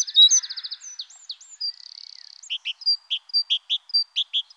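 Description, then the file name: Great tit song: alternating high and lower notes repeated in the second half, after buzzy trills and whistles. "Mésange-charbonnière"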